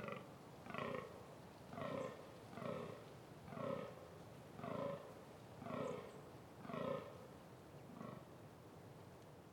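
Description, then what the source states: Deer roaring: seven harsh, throaty groans, repeated roughly once a second in a steady series. Deer roaring during the mating season.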